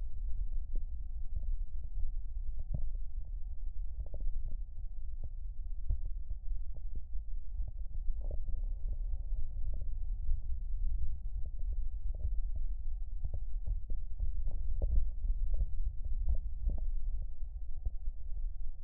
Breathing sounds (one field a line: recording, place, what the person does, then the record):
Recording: lung sounds by stethoscope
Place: left anterior apical chest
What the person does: quiet breathing, then deep breathing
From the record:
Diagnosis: COPD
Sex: male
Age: 65 years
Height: 162 cm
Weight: 67.8 kg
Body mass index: 25.8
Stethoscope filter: extended mode